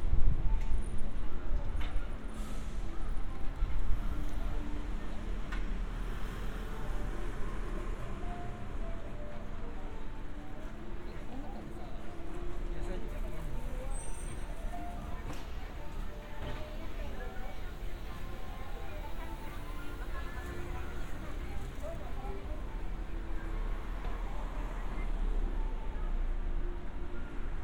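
A walk outdoors in a Japanese town, with a steady low rumble of traffic and city hum filling the background. Scattered voices and brief clicks and knocks come and go throughout, with a slightly louder moment near the start.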